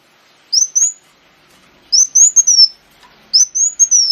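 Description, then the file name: Sunbird song: three brief high whistled phrases, each a few notes that rise then drift lower, spaced about one and a half seconds apart. Lure recording (pancingan) of kolibri wulung song. "suara burung kolibri wulung pancingan"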